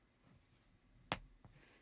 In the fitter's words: right they're both snapped in place